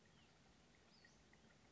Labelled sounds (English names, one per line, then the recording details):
Western Flycatcher
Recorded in Sonoma County, California